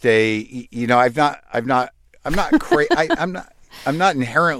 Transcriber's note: laughter